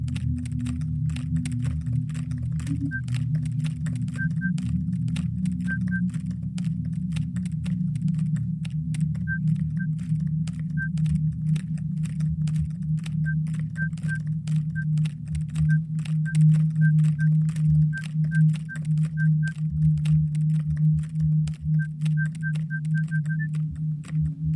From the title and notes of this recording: Keyboard Collage (disquiet0483). All the sounds in this track originate from recordings of a laptop keyboard made with the aid of Pure Data. Audacity was used for subsequent mixing & editing.